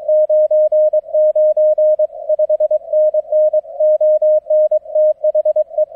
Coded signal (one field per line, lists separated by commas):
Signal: Morse code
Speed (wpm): 23 wpm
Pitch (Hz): 620 Hz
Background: none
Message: 99 5NN ON THE